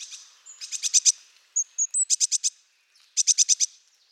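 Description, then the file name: Eurasian blue tit singing high, rapid trills of five or six buzzy notes, repeated three times with soft thin whistles between phrases. "Mesange bleue"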